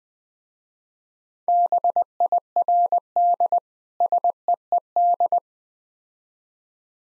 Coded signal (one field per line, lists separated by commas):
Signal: Morse code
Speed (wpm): 20 wpm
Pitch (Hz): 700 Hz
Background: none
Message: BIRD SEED